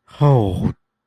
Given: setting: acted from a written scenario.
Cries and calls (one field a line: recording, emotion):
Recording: vocal sound without words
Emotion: shame